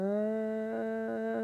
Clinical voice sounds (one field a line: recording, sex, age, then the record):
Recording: sustained vowel /a/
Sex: female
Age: 50 to 59 years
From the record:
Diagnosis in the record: healthy control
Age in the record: 50 years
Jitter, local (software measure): 0.32%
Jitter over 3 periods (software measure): 0.13%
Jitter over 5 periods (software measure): 0.18%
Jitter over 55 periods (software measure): 0.91%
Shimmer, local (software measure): 3.1%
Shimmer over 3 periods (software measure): 1.4%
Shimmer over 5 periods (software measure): 1.9%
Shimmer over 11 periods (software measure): 3.2%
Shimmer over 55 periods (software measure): 6.4%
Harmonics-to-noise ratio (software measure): 9.6 dB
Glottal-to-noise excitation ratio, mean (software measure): 0.93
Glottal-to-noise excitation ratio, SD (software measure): 0.027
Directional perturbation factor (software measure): 51.9%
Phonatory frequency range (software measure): 0.30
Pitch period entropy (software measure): 0.96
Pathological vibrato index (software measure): 0.46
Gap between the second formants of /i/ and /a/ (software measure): 1169 Hz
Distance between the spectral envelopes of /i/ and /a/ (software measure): 9.2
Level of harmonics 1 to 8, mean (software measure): -42.7, -4.5, -40.0, -4.7, -35.5, -6.1, -39.8, -25.3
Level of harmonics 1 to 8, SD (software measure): 8.4, 1.7, 15.2, 1.1, 15.5, 2.8, 11.9, 4.1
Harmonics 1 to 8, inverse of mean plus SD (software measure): 0.020, 0.162, 0.018, 0.172, 0.020, 0.113, 0.019, 0.034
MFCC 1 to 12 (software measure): 2.0, -9.1, -7.3, -14.9, -13.9, 5.3, -4.1, -15.2, -10.6, -6.9, -7.9, -5.5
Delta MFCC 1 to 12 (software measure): -0.036, 0.001, -0.001, -0.040, -0.007, -0.031, 0.023, -0.047, 0.035, 0.006, -0.018, -0.013